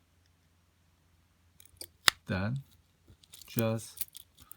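Inside an opened wristwatch, a fingertip handles the battery or its small metal retaining clip in the watch movement, making faint metallic ticks and one sharp, loud tap near 2.1 s while someone talks. The part has not yet been pressed home, and nothing has seated or clicked.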